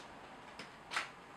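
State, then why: Not seated. A newly unwrapped plastic tool attachment is being pushed onto a Dyson DC35 Animal cordless vacuum. Two brief handling noises sound around 0.6 s and 1.0 s over a quiet background, the second louder and brighter. Nothing has seated or clicked yet.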